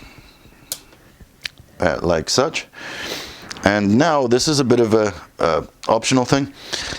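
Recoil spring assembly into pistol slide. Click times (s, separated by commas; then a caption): 0.7 s. A recoil spring assembly, hole end forward, is pressed forward under the barrel of a 9mm Ruger/Magpul RXM pistol slide, and it clicks into place with a sharp click at 0.7 s. Two smaller clicks follow at about 1.5 and 1.6 s, then someone talks for the rest of the clip.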